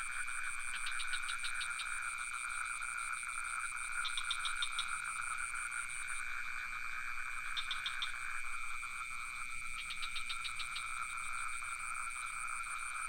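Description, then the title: Crickets trill without pause at high pitch; frogs answer with four short volleys of fast clicking pulses spread across the recording. Crickets with some frogs, recorded near the pond in Ubud, Sony PCM D50 with Rode NT4 microphone. "Crickets and frogs in Ubud"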